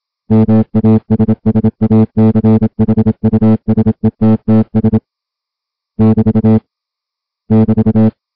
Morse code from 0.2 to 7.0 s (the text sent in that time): MASSACHUSETTS <BT>